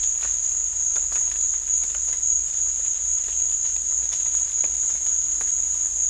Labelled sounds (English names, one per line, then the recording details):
none
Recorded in dense forest near Puerto Asís, Putumayo, Colombia, on 21 December 2024 at 15:30
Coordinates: 0.484, -76.325
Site G056